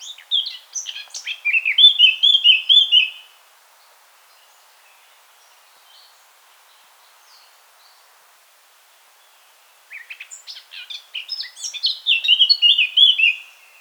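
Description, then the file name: Eurasian blackcap song, a chattering warble rising into rich fluted whistles, then about six seconds of quiet before another scratchy, whistled phrase begins. "Sylvia atricapilla"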